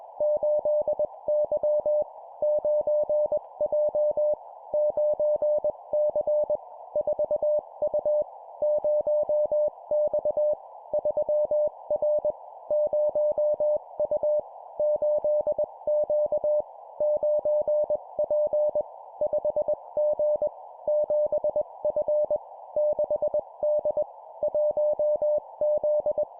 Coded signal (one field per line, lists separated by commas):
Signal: Morse code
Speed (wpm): 21 wpm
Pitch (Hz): 600 Hz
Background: none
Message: 8Y 9J 9C 4U 0X 3R 0U 8Q 9P 5G 7F 6D 1Z